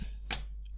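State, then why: Seated. A motherboard is pressed down onto the plastic standoffs in a PC case, which are simple plastic clips, until they clip into its mounting holes. A single sharp, bright click sounds at 0.3 s over a steady low hum, with a much fainter tick near 0.7 s. The motherboard is seated and clipped onto the standoff.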